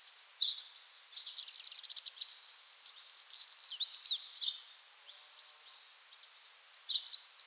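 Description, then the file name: Eurasian wren giving broken, high, trilled and ticking phrases, ending in a louder, sharper flourish, against light background hiss. "Troglodytes troglodytes"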